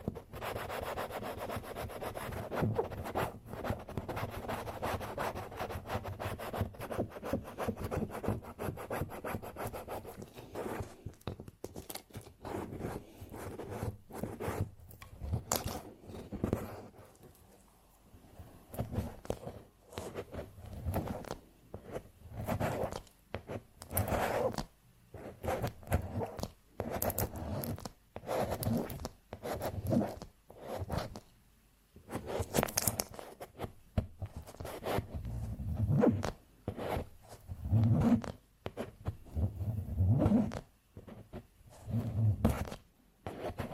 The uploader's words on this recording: TimASMR-Scraping Off Candle Wax Satisfying Scratching Sounds. (NO TALKING).